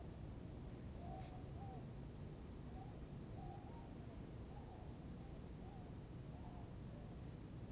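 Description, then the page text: Tundra swan: soft hooting notes repeated irregularly over a constant low rumble. Maryland. "Maryland Biodiversity. Tundra Swan ( Cygnus columbianus )"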